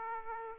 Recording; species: mosquito wingbeat signal from an infrared sensor; Aedes aegypti